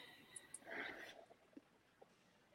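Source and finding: Adult. Sneeze.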